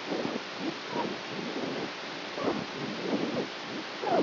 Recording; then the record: brain microelectrode recording played as sound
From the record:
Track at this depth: outside the subthalamic nucleus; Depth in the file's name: 1.406 mm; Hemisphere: right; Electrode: 3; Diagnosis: Parkinson's disease